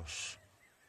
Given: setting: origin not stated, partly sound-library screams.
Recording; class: one-second piece from a danger detection set; normal situation